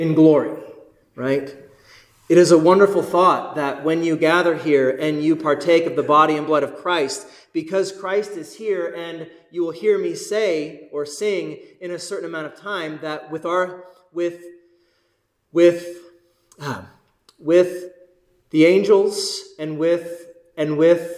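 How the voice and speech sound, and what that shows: Adult male preaching a sermon in fluent speech breaks into repeated, prolonged 'with' and long silent blocks before 'the angels', then restarts: a stutter. Words starting with vowels are especially hard for him.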